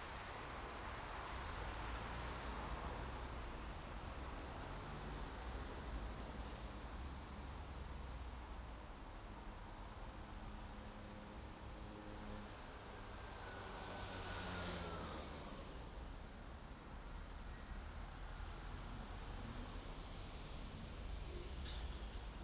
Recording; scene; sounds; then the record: everyday scene through a hearing-aid microphone; in traffic; traffic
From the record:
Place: main city hub, rush hour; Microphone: in the ear canal, right